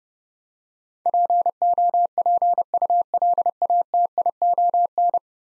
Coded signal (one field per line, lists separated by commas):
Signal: Morse code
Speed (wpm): 32 wpm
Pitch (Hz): 700 Hz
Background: none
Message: POPULATION